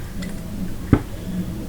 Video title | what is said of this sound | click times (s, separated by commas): Hoffman AR 9 lower parts kit install | you can kind of hear a click when it clicks | 0.9 s